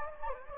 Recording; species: mosquito wingbeat signal from an infrared sensor; Anopheles gambiae